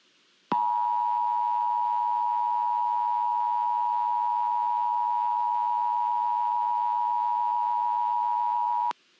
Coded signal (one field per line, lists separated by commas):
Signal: Emergency Alert System (SAME) tones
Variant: 853 and 960 Hz attention tone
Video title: EAS Scenario: The Ultimate Hurricane